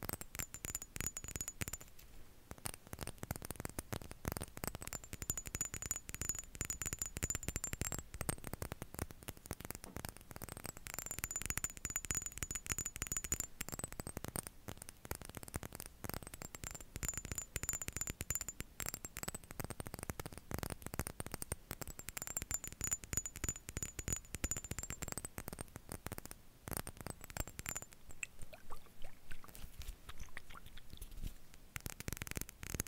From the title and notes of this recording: ASMR Black Triggers For Sleep (tapping & scratching).